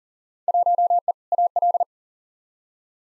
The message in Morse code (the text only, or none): 1E AL